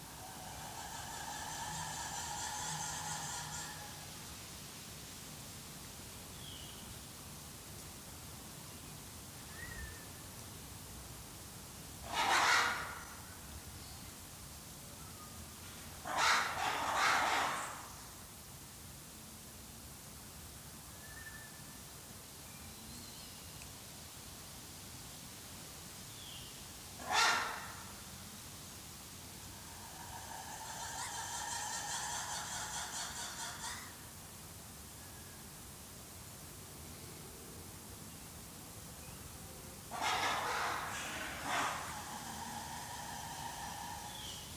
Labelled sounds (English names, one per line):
Black-and-white Ruffed Lemur